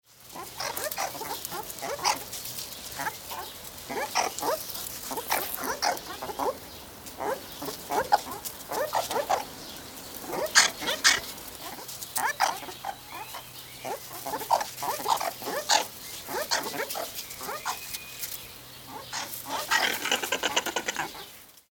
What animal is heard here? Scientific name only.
Mungos mungo